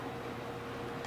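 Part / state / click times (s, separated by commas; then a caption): plastic bowl attachment onto food processor motor base / not seated / none. A plastic bowl attachment is handled onto a food processor's motor base, to be twisted until it locks. Only a steady, even hiss with a low hum underneath is heard, with no distinct click or knock. Nothing has seated or clicked yet.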